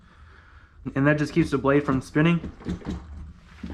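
A screwdriver, used as a locking pin, is pushed into the hole in an edger's blade spindle holder so the blade cannot spin while the nut is loosened. Someone talks over a faint low background hum, with no distinct handling sounds. The pin has not seated or clicked into place yet.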